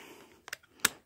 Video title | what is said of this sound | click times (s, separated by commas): Reassemble 835 Ultimag 12gauge mossberg #2 | just kind of snaps into place because they are pressure of it there | 0.9 s